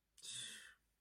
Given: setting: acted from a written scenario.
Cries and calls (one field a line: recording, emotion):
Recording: vocal sound without words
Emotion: contempt